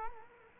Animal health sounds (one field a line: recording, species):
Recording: mosquito wingbeat signal from an infrared sensor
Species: Culex quinquefasciatus